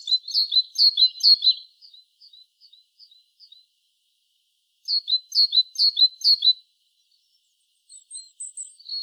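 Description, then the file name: Great tit call: quick series of high paired notes, trailing into softer notes, then after a silence another series of strong paired notes and faint high squeaks. "Parus major"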